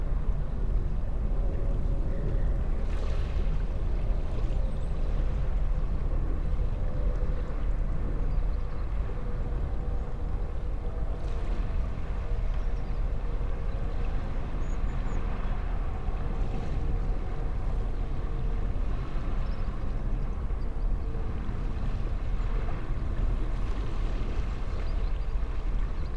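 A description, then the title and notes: Calm sea at Woodhill Bay, Portishead, with the tide far out: a steady, dense low rumble holds at an even level throughout. Faint humming tones drift through the middle, like a boat engine, and brief brighter sounds rise now and then, around 3, 11 and 17 seconds. Portishead Waves Ambience. Field recordings made at Woodhill Bay, Portishead. The tide was quite far out, and the sea calm. Gear: Sony PCM-M10.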